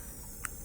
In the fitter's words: and it snaps right in this is a proposal of the final restoration